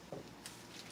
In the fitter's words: insert it in push it to you here to click